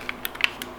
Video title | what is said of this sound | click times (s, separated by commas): Ruger P89 (Full Review) | can simply do it by hand you just pull it up until it snaps in place easy peasy lemon squeezy | 0.4 s